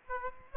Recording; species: mosquito wingbeat signal from an infrared sensor; Aedes aegypti